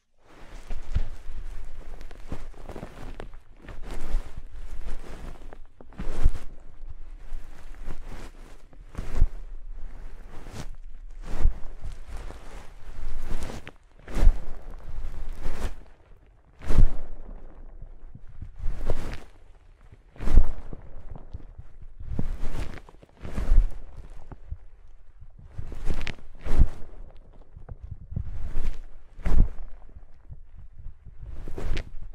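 Soft, fluffy ear-tingle triggers: a low, steady rustle runs throughout, broken every second or two by crisp, bright strokes or taps. The strokes come at an uneven but fairly regular pace, with brief near-silent gaps between some of them.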